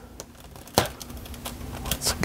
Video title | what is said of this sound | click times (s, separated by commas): Lego Star Wars Tatooine MOC Build - Episode 52 - DROIDS! | that locked into place | 0.8 s